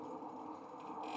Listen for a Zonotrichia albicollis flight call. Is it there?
no